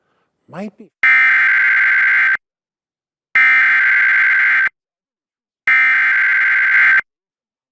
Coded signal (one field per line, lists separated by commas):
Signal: Emergency Alert System (SAME) tones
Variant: header bursts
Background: speech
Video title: EAS Alerts from 9/25/22 [EAS #63-72]